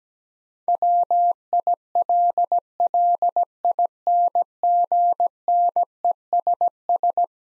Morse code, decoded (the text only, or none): WILLINGNESS